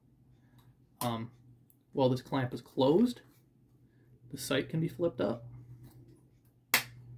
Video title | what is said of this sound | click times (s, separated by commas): Lee Enfield Grenade Launchers No.1 and No.4 Explained | and it snaps in place. | 6.7 s